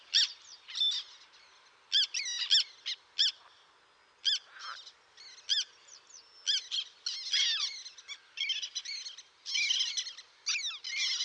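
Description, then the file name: Black terns calling: short, sharp, harsh notes in irregular bursts, several birds overlapping, with denser chattering toward the end. "rybitwaczarna"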